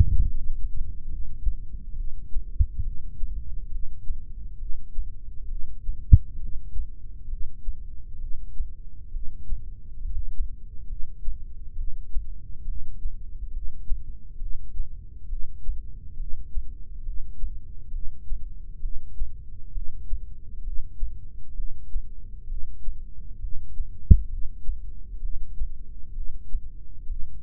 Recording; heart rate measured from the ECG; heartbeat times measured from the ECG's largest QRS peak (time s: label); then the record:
heart sounds by microphone in the left ear; 67 bpm
0.27 s: heartbeat
1.11 s: heartbeat
1.98 s: heartbeat
2.85 s: heartbeat
3.73 s: heartbeat
4.60 s: heartbeat
5.51 s: heartbeat
6.42 s: heartbeat
7.31 s: heartbeat
8.22 s: heartbeat
9.14 s: heartbeat
10.03 s: heartbeat
10.90 s: heartbeat
11.78 s: heartbeat
12.68 s: heartbeat
13.54 s: heartbeat
14.41 s: heartbeat
15.31 s: heartbeat
16.19 s: heartbeat
17.06 s: heartbeat
17.94 s: heartbeat
18.83 s: heartbeat
19.75 s: heartbeat
20.65 s: heartbeat
21.57 s: heartbeat
22.50 s: heartbeat
23.42 s: heartbeat
24.31 s: heartbeat
25.23 s: heartbeat
26.16 s: heartbeat
27.09 s: heartbeat
From the record:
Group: heart failure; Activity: rest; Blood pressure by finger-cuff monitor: 121/93 mmHg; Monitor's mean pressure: 103 mmHg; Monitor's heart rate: 67 bpm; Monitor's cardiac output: 5.7 L/min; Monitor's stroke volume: 84 mL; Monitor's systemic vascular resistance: 1370 dyn s/cm5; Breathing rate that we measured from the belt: 18 breaths a minute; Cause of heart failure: idiopathic cardiomyopathy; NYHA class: 1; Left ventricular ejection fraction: 50%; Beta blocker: bisoprolol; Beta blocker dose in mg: 5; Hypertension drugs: candesartan, spironolactone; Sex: male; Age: 54 years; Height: 180 cm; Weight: 94.6 kg